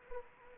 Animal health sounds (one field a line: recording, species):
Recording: mosquito wingbeat signal from an infrared sensor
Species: Anopheles arabiensis